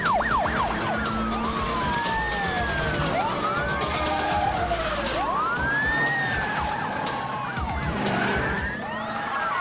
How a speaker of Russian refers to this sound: По дороге едет вереница полицейских машин со включенными сиренами и мигалками.